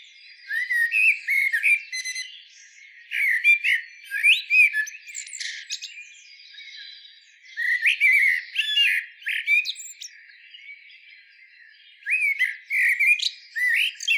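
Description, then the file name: Eurasian blackbird song: fluty warbled phrases ending in high squeaky twitters, separated by short pauses. "Turdus merula"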